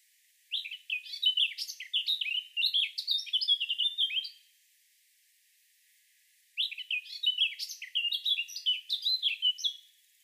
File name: Sylvia atricapilla